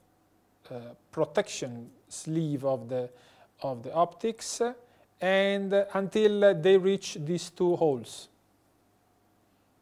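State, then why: Not seated. Someone talks from about 0.7 to 8.3 s while the electrode guides of a bipolar electrode are aligned and slid along the protection sleeve of the optics until they reach two holes, to fit it into the working element of a "Classic" bipolar resectoscope, 26 Fr. No other sound stands out above the talk. Nothing has seated or clicked yet; the push that clicks it home comes after this.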